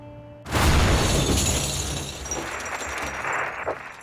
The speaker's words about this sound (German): Es ist am heutigen Freitagmorgen in einem iranischen Lebensmittelladen in der Kölner Altstadt zu einer schweren Explosion gekommen.